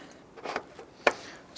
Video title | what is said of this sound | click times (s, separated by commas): How to Replace Headlights 2006-2013 Chevrolet Impala | snap that in | 1.1 s